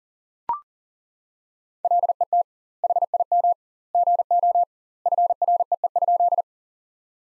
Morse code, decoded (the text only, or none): LET HIM GO FREE?